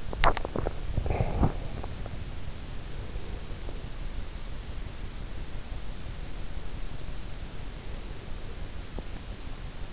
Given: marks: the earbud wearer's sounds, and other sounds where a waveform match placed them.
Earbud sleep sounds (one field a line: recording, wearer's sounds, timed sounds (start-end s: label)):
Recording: sounds in sleep by an in-ear microphone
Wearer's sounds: teeth grinding, swallowing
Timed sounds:
0.00-0.62 s: teeth grinding
0.62-2.06 s: swallowing